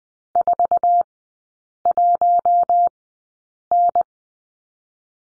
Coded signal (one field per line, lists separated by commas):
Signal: Morse code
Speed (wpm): 20 wpm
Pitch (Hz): 700 Hz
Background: none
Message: 41N